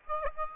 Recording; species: mosquito wingbeat signal from an infrared sensor; Aedes aegypti